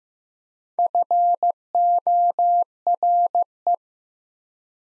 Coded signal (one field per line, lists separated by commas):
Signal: Morse code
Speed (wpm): 15 wpm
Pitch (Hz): 700 Hz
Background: none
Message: FORE